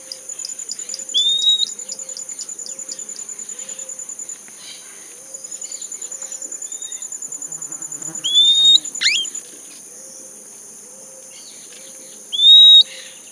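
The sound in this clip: Bird calls: a few short, clear whistles at irregular intervals, over a rapid ticking pulse and constant high tones.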